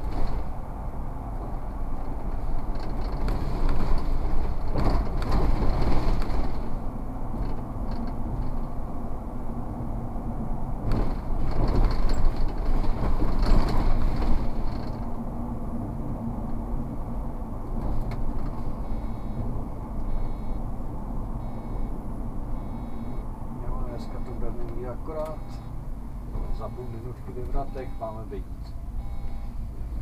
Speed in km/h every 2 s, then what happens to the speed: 55, 55, 52, 52, 51, 51, 50, 47, 45, 42, 41, 38, 29, 20, 17.
0-11 steady at about 52. 11-30 slows to 17.